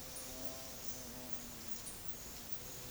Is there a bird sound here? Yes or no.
no